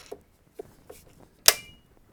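An inch-pound torque wrench tightens the scope mount screws on a muzzleloader rifle, with a few faint ticks at about 0.1, 0.6 and 0.9 seconds as the wrench turns. At 1.5 seconds the wrench breaks over with a loud, sharp click and a brief ringing tail. This shows the screws have reached the 20 inch-pound setting.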